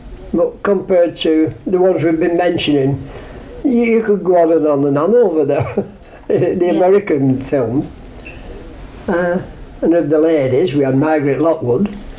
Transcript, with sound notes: But compared to the ones we've been mentioning, you could go on and on and on over there. [laughs]
Yeah.
The American films. Eh, and of the ladies, we had Margaret Lockwood.